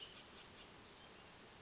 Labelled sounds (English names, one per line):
Cassin's Vireo